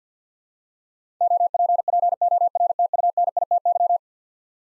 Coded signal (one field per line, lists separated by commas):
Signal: Morse code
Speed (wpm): 50 wpm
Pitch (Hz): 700 Hz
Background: none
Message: OPPORTUNITY